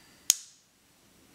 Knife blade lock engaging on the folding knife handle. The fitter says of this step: okay locks in place more